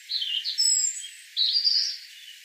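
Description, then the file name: European robin song: a short warble, then thin, very high whistled notes. After a brief pause comes a brighter, rippling phrase. "Erithacus rubecula"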